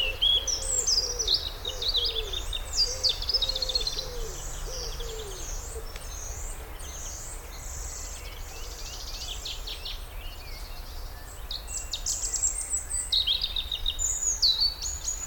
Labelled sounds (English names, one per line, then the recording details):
European Robin
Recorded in the wild
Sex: male
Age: adult
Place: Rheinsberg, Brandenburg, DE
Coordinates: 53.1, 12.9
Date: 1995-04-14
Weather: heiter, 10°C
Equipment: Marantz CP 430, Sennheiser ME 80, Kopie Uher 4000 Report Monitor
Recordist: Tembrock, Günter